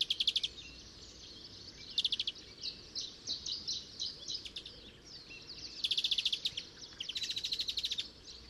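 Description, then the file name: European greenfinch twittering: rapid trilled chirps and rolling twitters run almost continuously, with louder trilled bursts scattered through. "Chloris chloris"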